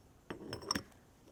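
During a factory stock rebuild of a 1997–2009 GM Turbo Hydra-matic 4L80E automatic transmission (Chevy & GMC), a retaining ring is handled with an installation tool to lock it into its groove in a transmission component. Four short, bright metallic clinks and taps land at about 0.3, 0.5, 0.7 and 0.8 s, then it goes quiet. The ring has not seated or clicked into place yet.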